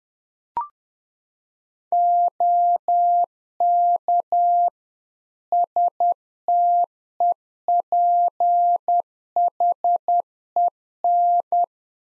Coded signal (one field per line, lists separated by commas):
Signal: Morse code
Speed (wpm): 10 wpm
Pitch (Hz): 700 Hz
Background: none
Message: OK STEPHEN